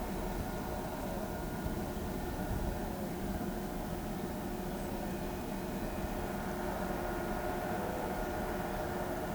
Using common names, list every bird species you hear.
none